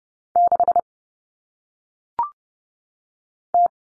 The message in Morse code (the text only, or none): 6T